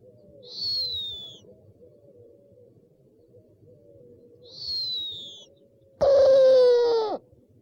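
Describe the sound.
Owl calls: two high, thin falling whistles, then a sudden loud, harsh, rasping screech lasting just over a second.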